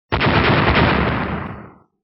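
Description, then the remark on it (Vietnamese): A loud, rapid barrage of explosive blasts merges into a dense, rumbling roar that holds for over a second before fading out. No voices. “Vang lên liên tiếp những va chạm nổ mạnh”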